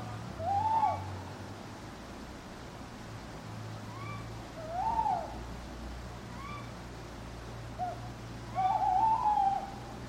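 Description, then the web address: Owl hoots, several wavering mid-pitched calls over a steady low hum. Owls hooting at night in a churchyard. "birds backgrounds churchyard night owls hooting clock strike"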